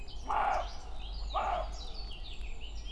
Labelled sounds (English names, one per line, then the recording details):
Eurasian Blackcap
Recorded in Germany
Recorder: ecoPi